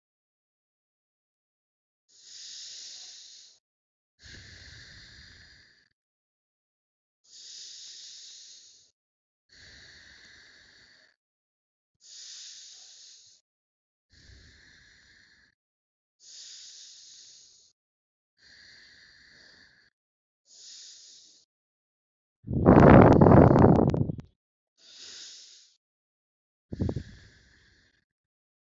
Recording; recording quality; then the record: deep breathing; excellent, no background noise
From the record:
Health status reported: healthy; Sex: female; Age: 24 years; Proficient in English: yes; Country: India